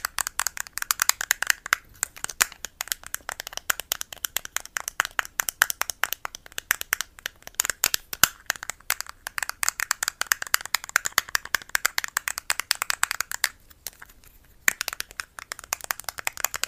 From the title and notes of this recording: Blue yeti microphone. Asmr tapping.